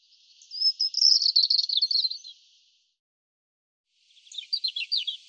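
European robin song: a long, high, tumbling phrase of thin whistles and rapid trills, then a pause of over a second before a shorter, sharper phrase starts; no other sounds.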